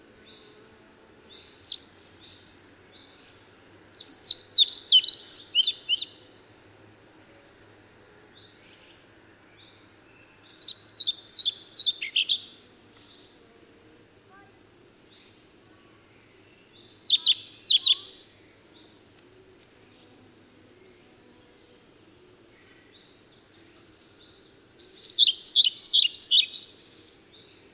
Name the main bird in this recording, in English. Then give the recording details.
European Pied Flycatcher. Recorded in the wild. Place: Lütow, Insel Usedom, Mecklenburg-Vorpommern, DE. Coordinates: 54.032, 13.888. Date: 1975-06-15. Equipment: Nagra III BH, Sennheiser MD 21, parabola. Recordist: Schubert, Michael. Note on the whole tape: Gesang Trauerschnäpper